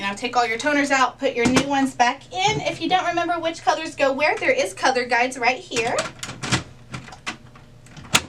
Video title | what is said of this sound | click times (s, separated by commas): Brother MFC L8900 - Onyx Imaging - Tulsa Printer Repair - How to Change Drum | and once you hear them click you know they're in properly all right so | 8.1 s